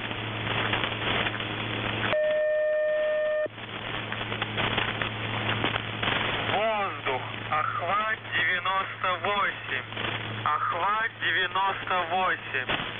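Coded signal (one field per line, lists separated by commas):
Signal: coded military voice message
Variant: The Goose, Russian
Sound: radio hiss, a steady buzzy tone for about a second, then a voice speaking through static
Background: radio static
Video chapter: 00:00 - Воздух Охват-98 16989 ИКОНА 4480 9777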